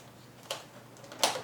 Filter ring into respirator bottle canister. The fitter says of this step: you should be able to hear a click as it goes in and then you can put the canister cover back on